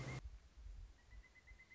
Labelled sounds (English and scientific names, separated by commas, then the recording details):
Pileated Woodpecker (Dryocopus pileatus)
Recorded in Sonoma County, California